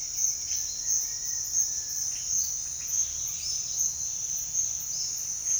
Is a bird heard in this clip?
no